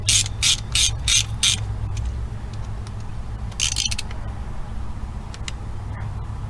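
A steel bolt is ratcheted out of the clutch shoe on a Go-Ped GTR GP460 gas scooter, with a quick run of ratchet clicks from about 0.1 to 1.5 s. At 3.6 s a short burst marks the bolt head stripping out under very little torque, leaving the bolt stripped.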